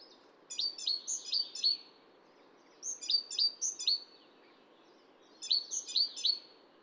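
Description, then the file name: Great tit calls: quick clusters of bright, high notes in three bursts, with a steady low hiss underneath. "Parus major"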